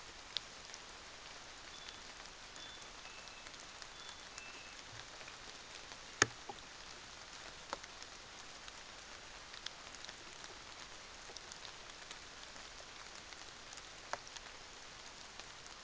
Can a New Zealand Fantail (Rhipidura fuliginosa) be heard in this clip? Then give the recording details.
no. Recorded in New Zealand on 24 December 2018. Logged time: 06:00